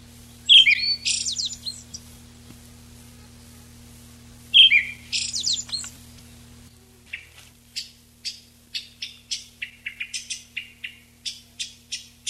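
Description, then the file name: Eyebrowed thrush song: two phrases, each a clear whistled note followed by a high twitter, then a run of short, sharp, high notes. Recorded 19 June 1991. "19 06 91 Tobscurus IIIa"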